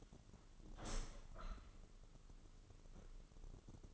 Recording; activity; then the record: daily activity, microphone in the room; open window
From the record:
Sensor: 4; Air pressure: 996.5 hPa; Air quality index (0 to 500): 87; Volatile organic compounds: 4 ppm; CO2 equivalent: 1687 ppm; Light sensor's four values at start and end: 20/53/20/22 and 20/53/20/22